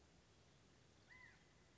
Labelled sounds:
California Quail (Callipepla californica)
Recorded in Sonoma County, California

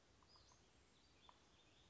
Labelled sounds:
Western Flycatcher (Empidonax difficilis)
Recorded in Sonoma County, California

